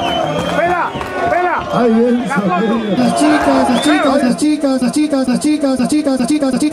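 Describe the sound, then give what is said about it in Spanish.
A crowd whoops and cheers for the mayor during a presentation, with overlapping voices, then settles into steady rhythmic clapping beneath loud chanted singing that carries a repeating melody. “Muchas gracias, fuerte el aplauso para el señor intendente, le hacemos entrega.”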